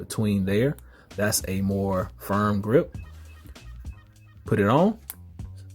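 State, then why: Not seated. A silicone ear tip is handled and being pressed onto a wireless earbud's plastic mount, but nothing has seated or clicked yet. Someone talks over music, and a few faint, brief handling sounds occur near 3.5, 4.2 and 5.4 seconds.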